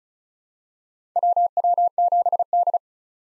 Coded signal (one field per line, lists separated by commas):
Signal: Morse code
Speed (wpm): 34 wpm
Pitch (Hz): 700 Hz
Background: none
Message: WW7D